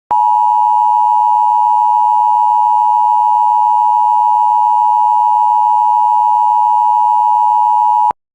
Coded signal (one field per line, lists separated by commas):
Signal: Emergency Alert System (SAME) tones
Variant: 853 and 960 Hz attention tone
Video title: EAS law enforcement warning for wjon (cancellation message)